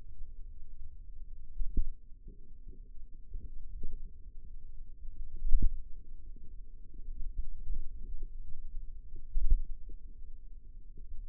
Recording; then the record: forearm muscle sounds (acoustic myography)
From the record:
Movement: finger pinch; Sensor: system 2, bracelet of six BSWA MPA416 microphones around the upper forearm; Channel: 3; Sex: female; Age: 22 years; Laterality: right